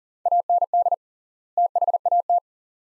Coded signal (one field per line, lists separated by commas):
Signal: Morse code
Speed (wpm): 38 wpm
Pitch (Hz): 700 Hz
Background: none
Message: AND THAT